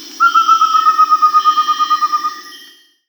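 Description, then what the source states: Amazonian pygmy owl: a fast string of clear whistled toots, slightly falling in pitch, lasting two seconds before fading, with steady high tones in the background. South America.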